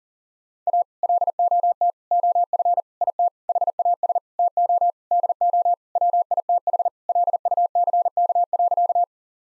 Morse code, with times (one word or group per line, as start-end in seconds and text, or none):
0.7-0.8 A
1.0-1.9 LOT
2.1-2.8 OF
3.0-3.3 IT
3.5-4.2 HAS
4.4-4.9 TO
5.1-5.7 DO
6.0-6.9 WITH
7.1-9.0 LUCK.